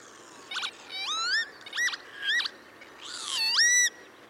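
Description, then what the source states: Northern Lapwing calls, several wheezy, sharply rising and bending 'pee-wit' notes, given in quick bursts with pauses between. Candidate 1 in Germany's Bird of the Year 2024 vote; meadow breeder of wet meadows, pastures, moors and marshes; performs spectacular flight manoeuvres; losing habitat and highly endangered.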